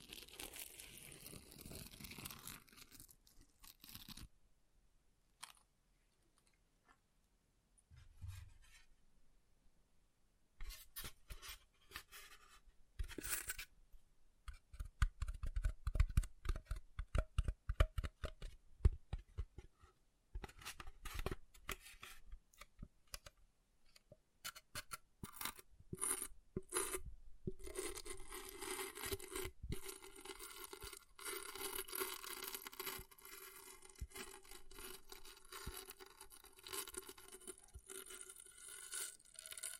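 An object scratches in uneven bursts, with sparse clicks early, a dense rough stretch from about 13 to 20 seconds, then steadier hissy rubbing.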